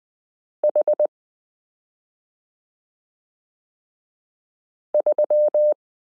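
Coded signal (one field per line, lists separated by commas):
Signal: Morse code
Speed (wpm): 20 wpm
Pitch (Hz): 600 Hz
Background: none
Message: H 3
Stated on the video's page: Morse lesson 29 of a 72-part Koch-method variation series, introducing the 30th character, the number 8.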